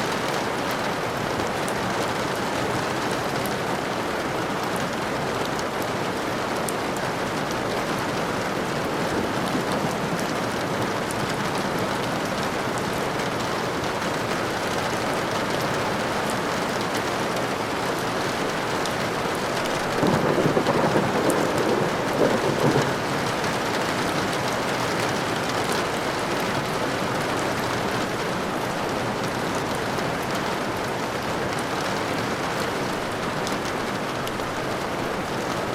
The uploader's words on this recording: Rain window soudn effect + stormy outside/thunder. Rain window sound.